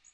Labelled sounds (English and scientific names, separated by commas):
Magnolia Warbler (Setophaga magnolia) flight call